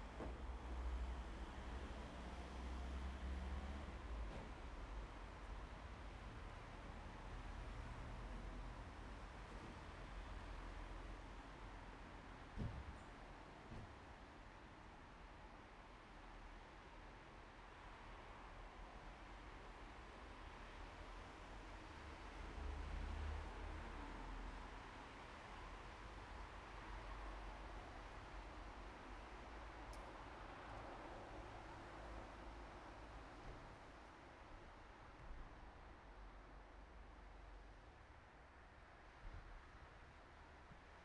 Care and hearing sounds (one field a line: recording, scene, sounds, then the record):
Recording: everyday scene through a hearing-aid microphone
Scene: in traffic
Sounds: traffic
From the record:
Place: bus stop on a city main road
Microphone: behind the ear, right, rear